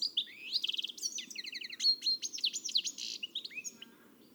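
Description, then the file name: European goldfinch song, a fast tinkling jumble of high twittering notes, buzzy trills and liquid slurred whistles running without a break for about four seconds. "Carduelis carduelis"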